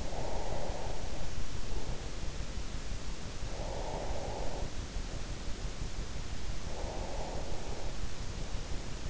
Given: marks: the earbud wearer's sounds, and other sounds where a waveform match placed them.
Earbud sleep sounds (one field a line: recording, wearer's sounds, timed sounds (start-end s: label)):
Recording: sounds in sleep by an in-ear microphone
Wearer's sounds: breath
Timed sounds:
0.00-1.68 s: breath
3.42-5.30 s: breath
6.46-8.46 s: breath